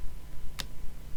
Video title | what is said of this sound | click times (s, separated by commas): Gameboy Advance Refirb Final | now I heard a click there we go | 0.6 s